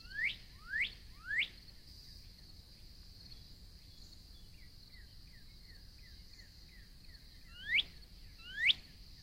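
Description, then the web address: Northern cardinal giving three loud rising whistles, a long gap with faint soft notes, then two more upslurred whistles, with a constant high hum. "birds Northern Cardinal"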